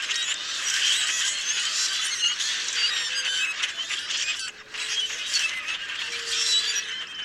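Common grackle flock chorus: dense, continuous squeaky creaks and harsh chatter overlapping throughout, briefly dipping near the middle, with faint low tonal hums underneath.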